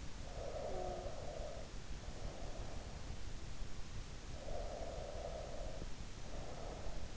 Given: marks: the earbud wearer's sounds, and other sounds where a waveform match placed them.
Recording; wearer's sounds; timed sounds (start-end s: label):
sounds in sleep by an in-ear microphone; snoring breath, breath
0.15-2.94 s: snoring breath
4.15-7.17 s: breath